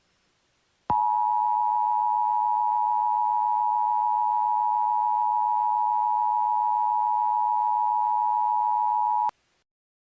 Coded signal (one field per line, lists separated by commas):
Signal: Emergency Alert System (SAME) tones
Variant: 853 and 960 Hz attention tone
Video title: EAS Scenario - VenArmageddon (REUPLOADED)